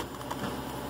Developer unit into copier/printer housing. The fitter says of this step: you go and then locks in place now